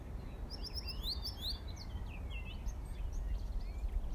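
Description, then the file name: Cirl bunting song, a fast series of sharp, high, down-slurred notes lasting about a second, followed by scattered softer chirps over low background hum. "zaunammer"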